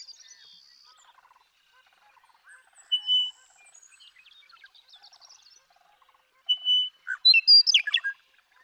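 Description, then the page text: Western meadowlark giving a lone whistled note, then a full song of whistles and bubbling gurgles, with faint chattering of other birds in the background. Male western meadowlark (Bird 1) singing in Sierra Valley, eastern California, 2018. "Birdsong for the Curious Naturalist: Explore #7. The joy of western meadowlark songs. Come along with me to Sierra Valley in eastern California where, during 2018, I just couldn't get enough of them"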